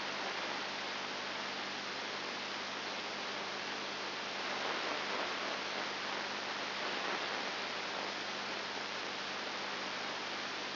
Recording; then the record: brain microelectrode recording played as sound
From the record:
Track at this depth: outside the subthalamic nucleus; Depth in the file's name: 5.7 mm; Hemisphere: left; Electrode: 2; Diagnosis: Parkinson's disease